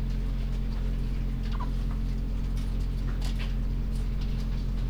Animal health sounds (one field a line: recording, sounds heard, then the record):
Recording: poultry house recording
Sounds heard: sick chickens (respiratory disease)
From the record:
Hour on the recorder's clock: 22